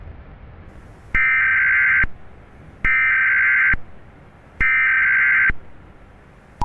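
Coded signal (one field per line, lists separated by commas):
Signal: Emergency Alert System (SAME) tones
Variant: header bursts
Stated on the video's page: Fictional EAS scenario.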